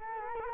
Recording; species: mosquito wingbeat signal from an infrared sensor; Culex quinquefasciatus